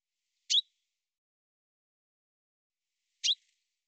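Bird call: a pair of quick high chirps almost three seconds apart, nothing else audible.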